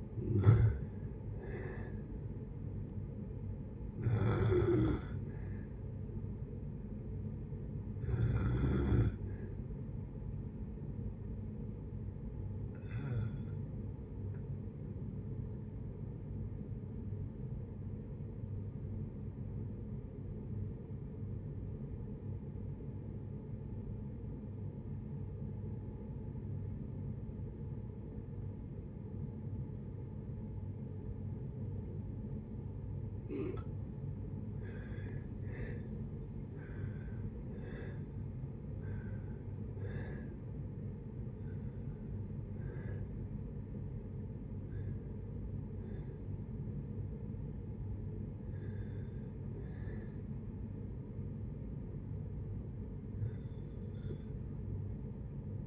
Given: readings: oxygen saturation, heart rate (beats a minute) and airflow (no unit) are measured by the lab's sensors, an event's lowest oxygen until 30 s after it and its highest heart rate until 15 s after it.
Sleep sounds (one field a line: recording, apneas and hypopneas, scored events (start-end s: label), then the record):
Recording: breathing in sleep by a smartphone at the bedside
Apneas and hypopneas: 1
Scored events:
14.00-33.50 s: obstructive apnea (N1, oxygen 96% highest, then 77% lowest, heart rate 57 at the start, 76 highest)
23.00-53.00 s: new sleep stage, N2 (light sleep)
53.00-55.67 s: new sleep stage, awake
From the record:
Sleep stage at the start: N1 (lightest sleep)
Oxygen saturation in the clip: 77 to 96%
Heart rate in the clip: 57 to 76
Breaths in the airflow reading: 10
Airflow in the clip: -9.2 to 9.5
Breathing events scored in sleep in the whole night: 496 in 5.4 hours asleep